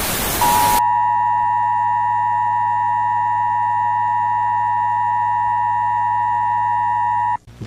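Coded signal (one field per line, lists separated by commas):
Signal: Emergency Alert System (SAME) tones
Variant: 853 and 960 Hz attention tone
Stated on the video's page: Fictional zombie-apocalypse EAS scenario containing valid EAS tones.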